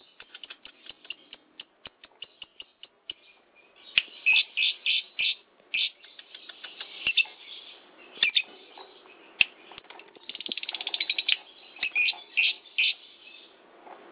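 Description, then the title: Lovebird song, a long run of high chirps and rapid ticking trills, quieter at first and then busier, with scattered sharp clicks. Song of a national champion contest lovebird. "Kicau Burung LoveBird - Suara LoveBird Juara Nasional"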